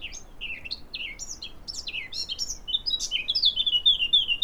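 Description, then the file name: Eurasian blackcap song: a scratchy, chattering warble of varied quick notes that turns into loud, clear fluted whistles near the end. "Sylvia atricapilla"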